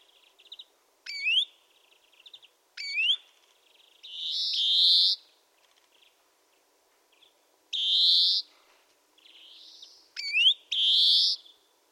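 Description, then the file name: European greenfinch alternating quick rising chirps and brief trills with several long, rasping wheezes, separated by short pauses. "Chloris chloris"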